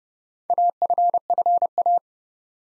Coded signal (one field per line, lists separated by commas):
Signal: Morse code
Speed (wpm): 30 wpm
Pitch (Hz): 700 Hz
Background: none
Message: AFFA